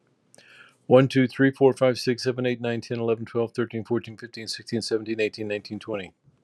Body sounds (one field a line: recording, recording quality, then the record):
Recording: counting at a fast pace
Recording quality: excellent, no background noise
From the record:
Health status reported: exposed to COVID-19, no respiratory illness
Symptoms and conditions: fatigue, hypertension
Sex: male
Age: 66 years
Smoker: not ticked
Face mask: not worn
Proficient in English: yes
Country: United States